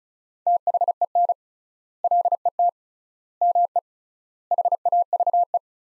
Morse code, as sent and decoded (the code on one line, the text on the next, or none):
- .... . -. / .-.. . - / -- . / .... .- ...- .
THEN LET ME HAVE